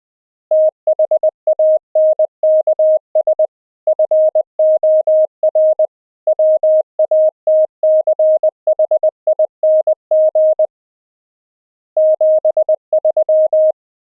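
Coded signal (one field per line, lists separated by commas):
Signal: Morse code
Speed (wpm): 20 wpm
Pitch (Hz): 620 Hz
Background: none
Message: THANKS FOR WATCHING 73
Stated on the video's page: Morse audio sent over the internet via the AMR-NB codec at 12.2 kbps, with CW regeneration by a software sine oscillator applied to received audio.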